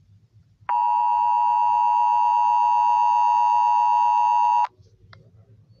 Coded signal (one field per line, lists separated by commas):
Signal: Emergency Alert System (SAME) tones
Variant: 853 and 960 Hz attention tone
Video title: American Las Vegas EAS Alarm